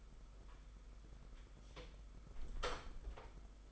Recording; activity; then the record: daily activity, microphone in the room; close door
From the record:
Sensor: 5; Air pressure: 991.8 hPa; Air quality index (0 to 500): 130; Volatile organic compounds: 69 ppm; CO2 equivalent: 3507 ppm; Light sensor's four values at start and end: 34/112/42/44 and 34/112/42/44